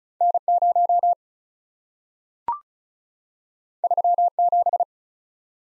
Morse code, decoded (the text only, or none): N0 37